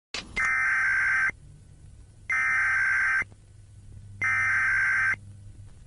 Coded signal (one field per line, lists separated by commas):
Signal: Emergency Alert System (SAME) tones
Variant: header bursts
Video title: SCP 835-JP (Scp eas video)